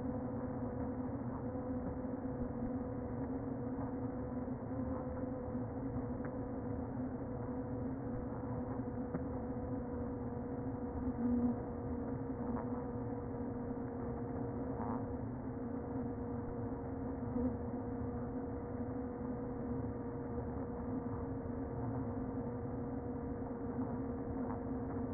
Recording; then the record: honeybee colony, microphone inside the hive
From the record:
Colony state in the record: queen present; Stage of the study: before two queens were removed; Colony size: about 60,000 bees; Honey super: yes